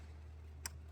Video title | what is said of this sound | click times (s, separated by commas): Jeep Compass 2.4 Ignition Coil Replacement (2011–2017) – Fix Misfire & Check Engine Light! | hear the click? That's what we want to hear for the coil packs. | 0.7 s